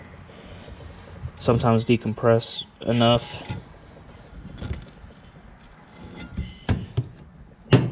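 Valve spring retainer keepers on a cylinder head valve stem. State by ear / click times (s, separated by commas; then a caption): released / 7.7 s. A valve spring compressor clamp is tightened down on an engine valve spring on a cylinder head valve stem while someone talks. A few faint clicks follow, then a sharp pop at 7.7 s as the spring retainer lets go and the keepers (retaining clips) release.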